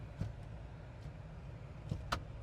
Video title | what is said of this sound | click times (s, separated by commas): 2026 Volvo EX90 Review // The ULTIMATE 3-Row EV SUV!? | So, you have to kind of press in a little bit to make it click into place or else it won't pop into place, interestingly enough. | 2.1 s